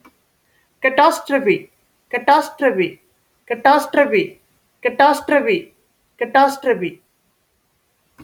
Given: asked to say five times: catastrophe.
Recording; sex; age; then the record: repeated word; female; 40 to 49 years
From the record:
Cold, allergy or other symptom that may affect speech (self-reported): no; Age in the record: 42 years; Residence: Indiana, United States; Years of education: 16